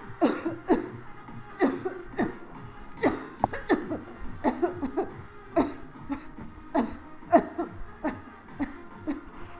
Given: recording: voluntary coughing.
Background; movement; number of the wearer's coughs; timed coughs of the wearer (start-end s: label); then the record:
music; walking; 15
0.19-0.58 s: cough
0.67-1.03 s: cough
1.58-1.97 s: cough
2.16-2.45 s: cough
3.00-3.64 s: cough
3.67-4.10 s: cough
4.41-4.74 s: cough
4.74-5.07 s: cough
5.53-5.97 s: cough
5.97-6.36 s: cough
6.72-7.15 s: cough
7.29-7.68 s: cough
8.01-8.15 s: cough
8.60-8.96 s: cough
8.96-9.43 s: cough
From the record:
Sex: female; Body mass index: 21.8 kg/m2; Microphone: on the chest, facing the body